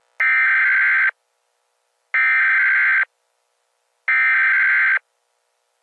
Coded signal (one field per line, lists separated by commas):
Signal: Emergency Alert System (SAME) tones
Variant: header bursts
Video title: My EAS disclaimer (UPDATED WITH HIGH PITCH NOISE THAT @C_T_C09Official USES IN HIS SCENARIOS)